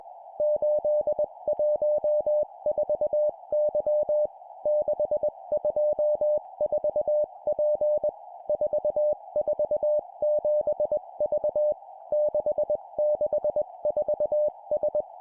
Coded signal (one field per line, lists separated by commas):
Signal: Morse code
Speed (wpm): 20 wpm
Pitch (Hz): 600 Hz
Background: music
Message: 814Y 624P 447V 664S